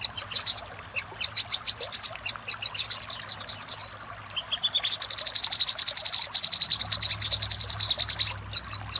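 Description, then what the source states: Little spiderhunter song: rapid, high chipping notes in long runs broken by a few short pauses. Master recording used for training cage birds.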